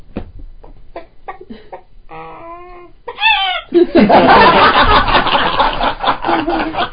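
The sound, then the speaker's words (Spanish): A person imitates a chicken with a run of short, choppy clucks and a drawn-out squawk, then bursts into loud, sustained laughter that fills the rest. “A ver, gallina.”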